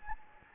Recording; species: mosquito wingbeat signal from an infrared sensor; Anopheles gambiae